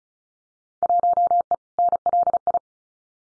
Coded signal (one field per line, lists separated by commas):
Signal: Morse code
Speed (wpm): 34 wpm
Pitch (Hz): 700 Hz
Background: none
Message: 1E NLI